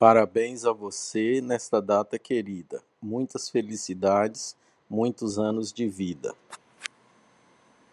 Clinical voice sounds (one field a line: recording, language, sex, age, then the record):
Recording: short text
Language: Brazilian Portuguese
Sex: male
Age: 40 to 49 years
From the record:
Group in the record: control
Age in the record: 48 years